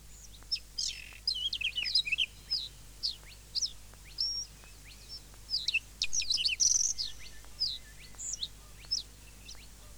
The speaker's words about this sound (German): Haben Sie es gehört? Seltene Vögel kann man hier hören, hier im Naturparadies.